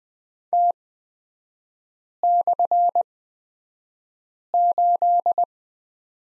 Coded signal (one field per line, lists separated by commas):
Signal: Morse code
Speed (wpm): 20 wpm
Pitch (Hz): 700 Hz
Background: none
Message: T/8